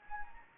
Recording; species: mosquito wingbeat signal from an infrared sensor; Anopheles gambiae